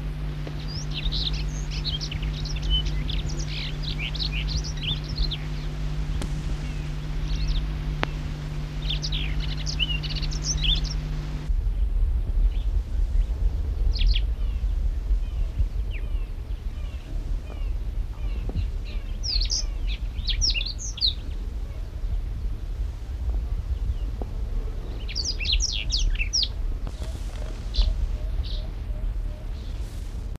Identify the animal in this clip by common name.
Yellow Canary